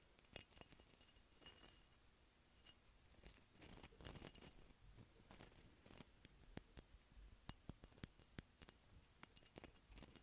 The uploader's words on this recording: ASMR Tapping Textured Ceramic.